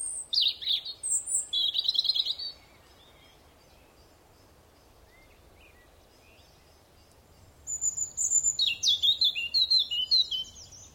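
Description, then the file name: European robin song: two bright phrases of high, tumbling, twittering notes separated by about five seconds of quiet. "Erithacus rubecula"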